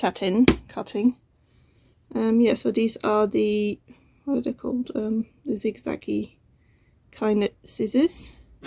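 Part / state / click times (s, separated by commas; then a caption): blade lock latch on pinking scissors / not seated / none. A pair of zigzag pinking scissors is handled and closed, with their blade lock latch not yet engaged. Someone talks throughout, with short pauses between phrases. Nothing has locked or clicked into place by the end of the clip.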